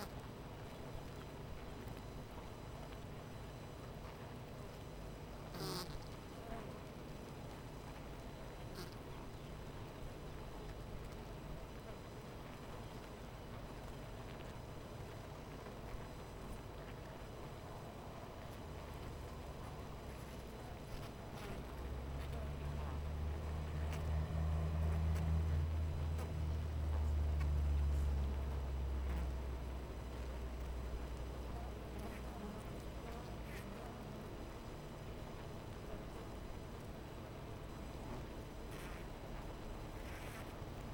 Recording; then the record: honeybee colony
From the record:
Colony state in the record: missing queen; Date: 14 July 2017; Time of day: 12:23